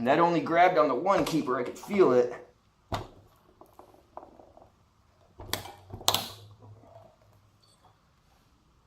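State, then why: Released. A valve keeper pops out of the spring retainer while a tool is worked on a partly seated valve assembly of a four-stroke scooter head. Someone talks at the start, then faint metallic taps follow. A sharp metal click at 6.1 s marks the keeper coming out of place, leaving the assembly released rather than seated.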